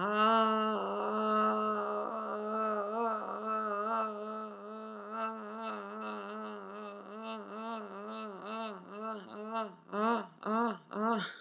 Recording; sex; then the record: sustained vowel /a/; female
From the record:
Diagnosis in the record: healthy control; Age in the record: 70 years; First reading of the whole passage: 149 s, 3.0 characters per second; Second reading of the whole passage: 105 s, 4.4 characters per second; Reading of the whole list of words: 65 s, 4.0 characters per second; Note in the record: marked for poor recording quality or reading difficulty